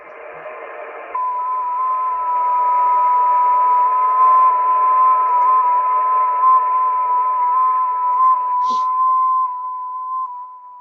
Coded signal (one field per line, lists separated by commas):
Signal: FT8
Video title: Danny Shortwave And Radio DX Live Stream 6/1/2025 Happy Yellow Radio Day & 6 Meter band FT8 contacts